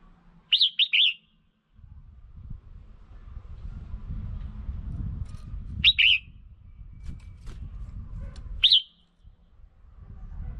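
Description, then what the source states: Red-whiskered bulbul producing a triple chirp, then a pair, then a single sharp high note, spaced several seconds apart over a low rumble. Female.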